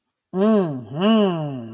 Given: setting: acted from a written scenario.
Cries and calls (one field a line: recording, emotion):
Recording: vocal sound without words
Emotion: pride